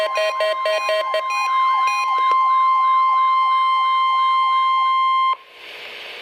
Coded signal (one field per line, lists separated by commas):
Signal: Emergency Alert System (SAME) tones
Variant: 1050 Hz attention tone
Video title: Required Monthly Test - 07/03/13 (EAS #488)